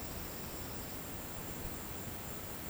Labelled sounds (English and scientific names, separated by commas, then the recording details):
none
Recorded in pastures near Puerto Asís, Putumayo, Colombia, on 24 March 2025 at 15:30
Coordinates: 0.472, -76.329
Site G074